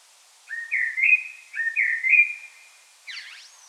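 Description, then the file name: Common blackbird song: two low, fluty warbled phrases in quick succession, followed by a brief high, squeaky twitter at the end. "Turdus merula"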